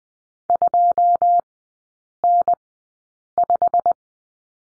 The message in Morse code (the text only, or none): 2N5